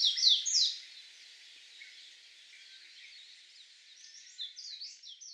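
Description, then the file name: Japanese white-eye calls, a few sharp descending high notes at the start, then faint twittering and a short burst of quick high slurred notes near the end. Recorded on Miyake, 16 May 2016. "mejiro miyake kuroda"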